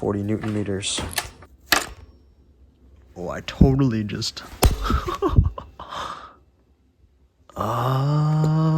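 A T47 threaded bottom bracket is torqued toward 40 Nm into a carbon gravel bike frame while someone talks and laughs. Sharp clicks at 5.6 s and 7.5 s mark the metal thread slipping. The thread strips under torque, blamed on soft metal.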